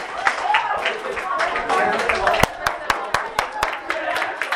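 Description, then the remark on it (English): Scattered, uneven hand claps from an audience clapping for themselves after giving the right answer ring out in sharp bursts over a continuous murmur of crowd voices, never settling into a steady rhythm. “Clap for yourself.”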